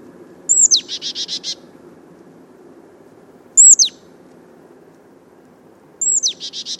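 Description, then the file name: Marsh Tit giving three call bouts about every three seconds, each a piercing downslurred note, the first and last followed by a fast buzzy chatter, over faint low rumble. "Poecile palustris"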